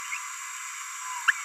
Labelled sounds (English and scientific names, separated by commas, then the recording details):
Green-rumped Parrotlet (Forpus passerinus) babbling
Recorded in a nest box in Venezuela
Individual 18B17A4